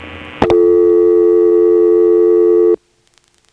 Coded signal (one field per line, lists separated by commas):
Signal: telephone call progress tone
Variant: North America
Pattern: dial tone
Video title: Carolina Tel. part 1: Step with ESS tones in Washington NC, March 1977